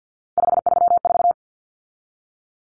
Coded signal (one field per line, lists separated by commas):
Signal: Morse code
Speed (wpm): 50 wpm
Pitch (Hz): 700 Hz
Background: none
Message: 534